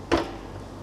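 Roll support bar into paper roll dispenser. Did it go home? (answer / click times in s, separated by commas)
yes / 0.1 s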